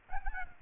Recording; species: mosquito wingbeat signal from an infrared sensor; Aedes albopictus